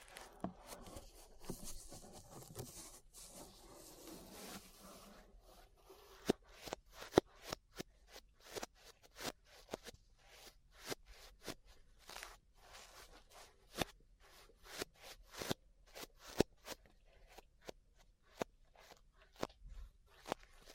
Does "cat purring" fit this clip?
no